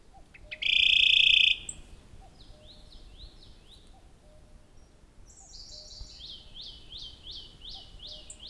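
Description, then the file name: Radde's warbler gives a single loud, dense trill near the start, then faint downslurred notes continue over a hissing background. "warbler-radde -Phylloscopus-schwarzi"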